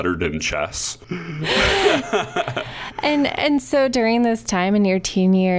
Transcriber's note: laughs